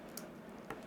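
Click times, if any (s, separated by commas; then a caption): none. Someone handles the plastic joint of a Dinobot Leader Grimlock transforming action figure, moving it on the other side toward its click into place. Soft handling noise and faint plastic taps are heard, with short ticks near 0.2, 0.7 and 0.9 s. Nothing has seated or clicked yet.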